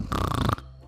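A single harsh, rumbling half-second burst, imitated by an adult, mimics an unusually loud snore, not a normal snore.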